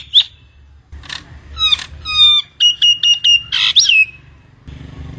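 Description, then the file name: Nias hill myna song of varied whistles and squawks, including a run of several quick upslurred whistles and a loud rising-falling note, over a low background hum. Master song recording used to train cage birds. "suara burung jalak nias pemaster omkicau"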